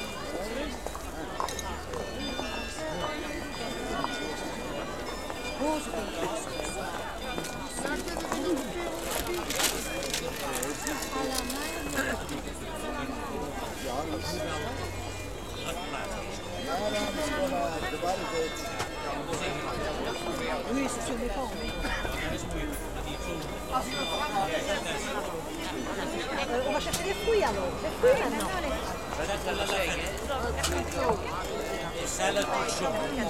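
A busy market in Maastricht, with many voices chattering in a dense, constant crowd murmur and footsteps passing. Carillon bells ring throughout, their bright chiming tones layered over the chatter. The bustle stays steady, growing slightly louder in the last third.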